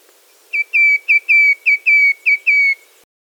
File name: baeolophus atricristatus